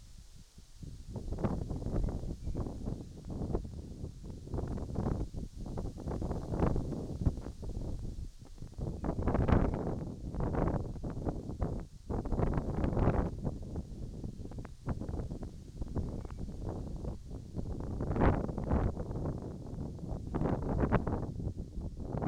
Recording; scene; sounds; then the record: everyday scene through a hearing-aid microphone; wind on the microphone; wind, whistling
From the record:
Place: in front of a rural house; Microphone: in the ear canal, right